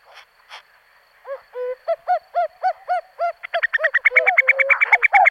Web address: fugle stemmer